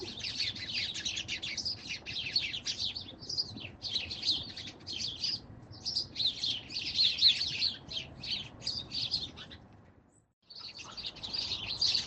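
A bird chatters in fast, high chirps, with a continuous twittering run broken by a brief silence near the end before resuming.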